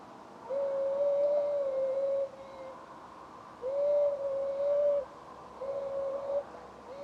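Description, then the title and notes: Eurasian beaver long whining calls, smooth wavering tones, several in a row with short pauses. Czarny Dunajec, Lesser Poland, Poland; recorded with a Zoom F3 and Usi Pro microphones in a drop rig. "Czarny Dunajec, województwo małopolskie, Polska - Voice of European Beaver. Recordist: Maciej Wirmański"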